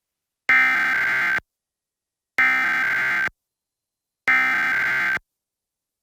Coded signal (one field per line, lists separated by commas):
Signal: Emergency Alert System (SAME) tones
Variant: header bursts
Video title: KOKH Emergency Alert System (EAS) Test, 11/22/2023